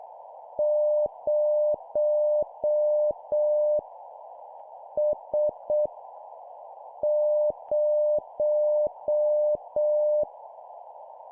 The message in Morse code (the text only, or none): 0 S 0